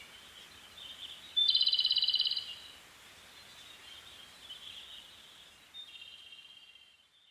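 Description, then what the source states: Siberian thrush song: one loud buzzy, rapidly pulsed phrase, then fainter short fluttering notes, over steady background hiss. Recorded 2 June 2010 at 03:44.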